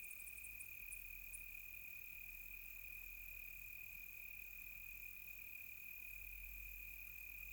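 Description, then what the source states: Crickets trilling continuously at a steady high pitch, with a few brief sharp high ticks at the start and a soft low rumble. Close crickets on a quiet tropical night.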